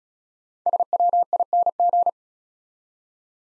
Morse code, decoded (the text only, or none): SWING